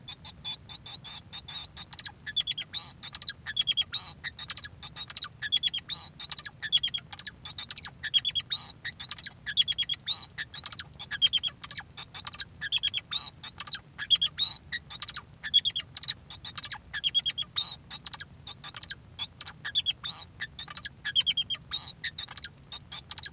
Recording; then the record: song of a male Bengalese finch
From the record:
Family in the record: son of father 2